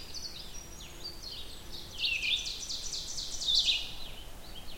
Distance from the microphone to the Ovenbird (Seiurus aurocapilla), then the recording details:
about 60 m. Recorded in boreal forest in Alberta, Canada, on 16 June 2016 at 06:22. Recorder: SongMeter 3, array SBT-3-32. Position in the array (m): 91 m, 8 m. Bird 36